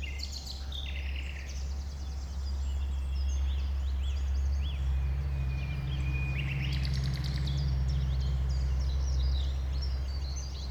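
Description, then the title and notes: Common nightingale delivering a drawn-out pure whistle followed by rapid buzzy notes, amid scattered chirps from other birds and a heavy low continuous roar. A nightingale settled with a few others on the banks of a stream forming a pond 1500 m from the A20, recorded around 8 am on Sunday 12 April. "Un Rossignol Envers Et Contre Tout. un rossignol venu avec quelques autres s'installer sur les rives d'un ruisseau formant un étang à 1500 mètres de l'A 20. Ces moments ont été enregistrés vers 8h le dimanche 12 avril"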